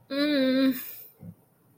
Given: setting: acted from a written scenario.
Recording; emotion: vocal sound without words; guilt